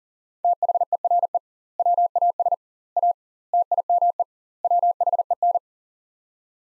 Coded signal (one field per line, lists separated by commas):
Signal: Morse code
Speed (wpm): 40 wpm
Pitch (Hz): 700 Hz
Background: none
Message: THERE WAS A TIME WHEN